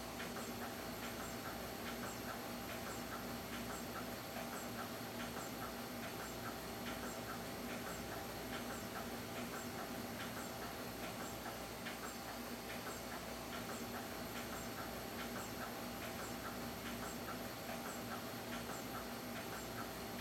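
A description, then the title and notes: A massive machine runs steadily for the whole clip, a dense, unchanging roar with a low rumble and several fixed tones, including a thin high whine. Quick rhythmic clicks repeat about twice a second throughout, like wheels passing rail joints. Seeqc Sounds: Kurt J Lesker Massive Machine.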